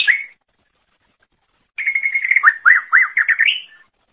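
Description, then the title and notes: Leafbird song: a brief note, then after a pause a trilled whistle followed by a rhythmic series of swooping up-and-down slurred notes. Cucak ijo song. "Suara Kicauan Burung Cucak Ijo"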